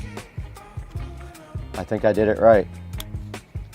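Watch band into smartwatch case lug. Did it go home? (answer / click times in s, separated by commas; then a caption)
yes / 3.0 s. A second watch band is pressed firmly into the other lug of a smartwatch case while someone talks. A sharp, short click at 3.0 s marks the band snapping into place, and it is seated.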